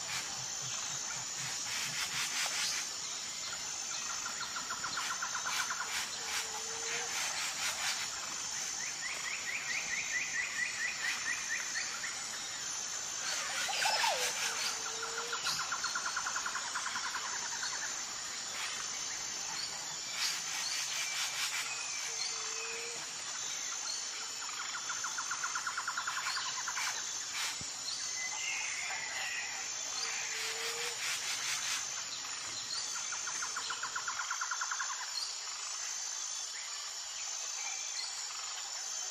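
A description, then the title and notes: Birds call in a steady, layered chorus over a constant high insect trill, with short repeated phrases and brief clicking bursts every few seconds. Calming Bird Sounds. Melodic bird noises.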